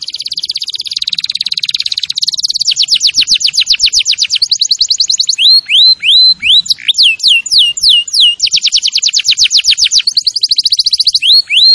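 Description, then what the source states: Canary song: buzzy rolling trill leading into fast repeated notes, slower sweeping whistles, then another rapid trill and whistles. Singing in the lively 'gacor' style.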